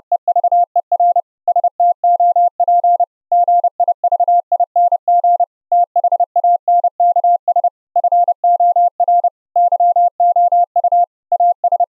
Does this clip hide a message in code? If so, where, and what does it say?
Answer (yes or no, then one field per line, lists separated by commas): yes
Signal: Morse code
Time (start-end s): 0.1-11.8 s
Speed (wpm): 31 wpm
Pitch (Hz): 700 Hz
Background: none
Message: EVER STOP GIVING THANKS FOR YOU AS